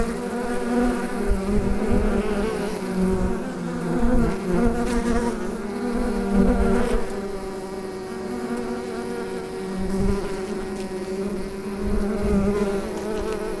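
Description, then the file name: Bee buzzing in flight, a continuous low drone with rich overtones, rising and falling in loudness as it moves. "Bienenflug"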